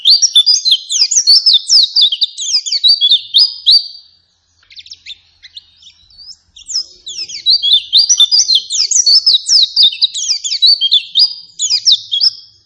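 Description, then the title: White-eye song: two long, loud bursts of fast, high, chattering twitters, separated by a brief gap of sparse soft notes. Persistent 'gacor' lure song meant to make any white-eye respond and answer. "Pleci Gacor. Apapun plecinya AKAN LANGSUNG MERESPON dan NYAUT dengan pancingan pleci ngotot ini"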